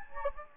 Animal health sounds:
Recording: mosquito wingbeat signal from an infrared sensor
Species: Anopheles gambiae

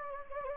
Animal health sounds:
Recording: mosquito wingbeat signal from an infrared sensor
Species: Anopheles gambiae

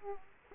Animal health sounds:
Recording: mosquito wingbeat signal from an infrared sensor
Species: Aedes aegypti

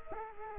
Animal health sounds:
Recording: mosquito wingbeat signal from an infrared sensor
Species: Culex quinquefasciatus

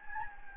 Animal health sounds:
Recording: mosquito wingbeat signal from an infrared sensor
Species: Anopheles gambiae

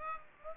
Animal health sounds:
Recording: mosquito wingbeat signal from an infrared sensor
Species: Aedes aegypti

